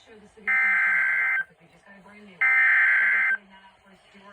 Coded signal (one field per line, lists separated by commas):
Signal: Emergency Alert System (SAME) tones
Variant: header bursts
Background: speech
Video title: EAS #411 (Severe Thunderstorm Warning)